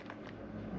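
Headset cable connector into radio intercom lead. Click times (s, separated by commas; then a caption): 0.1 s, 0.3 s. A plastic headset cable connector is plugged into the radio intercom lead during a UTV radio intercom install. Two short, sharp clicks are heard at 0.1 s and 0.3 s over a low steady hum, and the connector seats.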